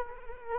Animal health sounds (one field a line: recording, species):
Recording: mosquito wingbeat signal from an infrared sensor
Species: Culex quinquefasciatus